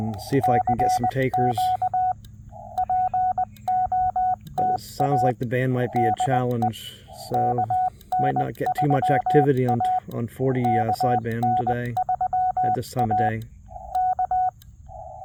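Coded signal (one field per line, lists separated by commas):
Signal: Morse code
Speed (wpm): 20 wpm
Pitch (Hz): 740 Hz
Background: speech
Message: CQ POTA DE KN3A KN3A K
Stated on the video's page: 40 m daytime park activation with a Wolf River Coils Sporty Forty coil on a 17-foot whip, four ground radials, spike mount, under poor band conditions.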